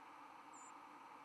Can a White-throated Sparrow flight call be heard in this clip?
yes